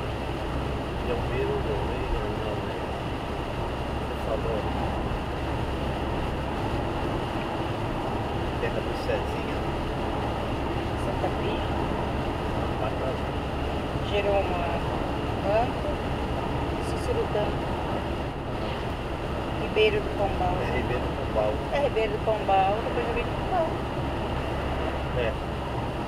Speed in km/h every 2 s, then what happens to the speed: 103, 105, 107, 108, 110, 110, 110, 110, 108, 107, 106, 104, 104.
0-8 speeds up to 110. 8-26 steady at about 108.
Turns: none.